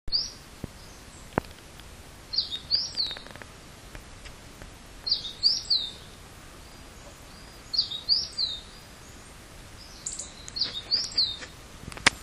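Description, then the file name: Small bird singing short high chirpy phrases of a few quick notes, repeated about every two and a half seconds, over a quiet background hiss. Recorded 11 March 2009. "090311 kotori"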